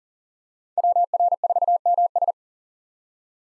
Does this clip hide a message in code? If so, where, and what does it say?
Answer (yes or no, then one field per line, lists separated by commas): yes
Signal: Morse code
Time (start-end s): 0.8-2.3 s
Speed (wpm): 40 wpm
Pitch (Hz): 700 Hz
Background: none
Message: WR4MS